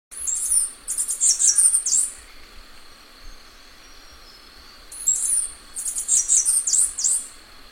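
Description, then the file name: Cicada song: two very high, shrill bursts of rapid pulsing notes, the second longer than the first, separated by a few seconds of faint steady high hum. "canto da cigarra bambu"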